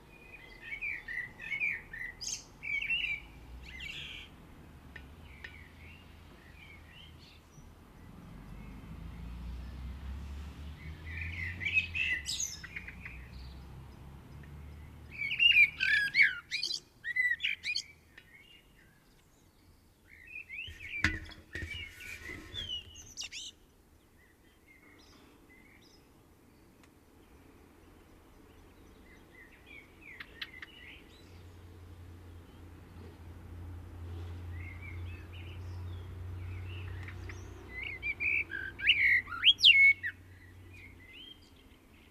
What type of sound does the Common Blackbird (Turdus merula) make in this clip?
song